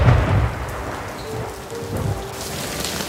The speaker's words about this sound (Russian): В ту же ночь в городе выпал град.